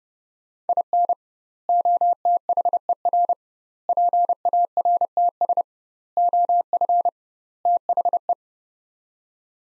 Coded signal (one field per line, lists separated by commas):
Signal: Morse code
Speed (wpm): 32 wpm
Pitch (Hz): 700 Hz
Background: none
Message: IN OTHER PARTS OF THE